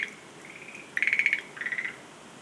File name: rodolphe alexis - rhacophorus schlegelii